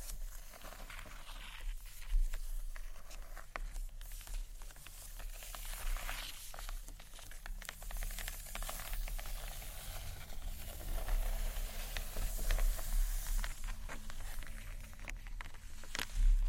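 Gentle scratchy tapping on books, a steady stream of soft scrapes and light taps with many brief clicks scattered throughout. The texture stays fairly even and bright, with a faint low rumble underneath and a few slightly louder taps near the start and end.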